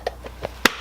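A separate ice pack is pushed into the little plastic clips on a meal prep container, popping in. Two soft taps come at about 0.1 s and 0.5 s, then a sharp, bright click at 0.7 s as the ice pack snaps into the clips and seats.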